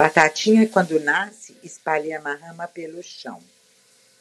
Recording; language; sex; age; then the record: short text; Brazilian Portuguese; female; 70 to 79 years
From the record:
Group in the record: control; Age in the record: 71 years